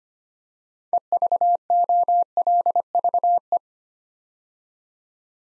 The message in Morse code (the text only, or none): EVOLVE